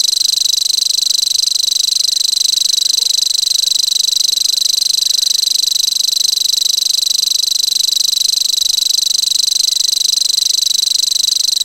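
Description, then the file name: Common grasshopper warbler giving a continuous, steady reel of rapid, high ticking notes that never pauses across the whole stretch. "grasshopper warbler omkicau"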